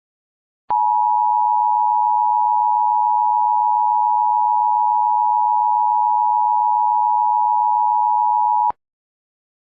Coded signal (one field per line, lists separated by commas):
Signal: Emergency Alert System (SAME) tones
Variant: 853 and 960 Hz attention tone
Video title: *VALID TONES* Hellmo (EAS Scenario)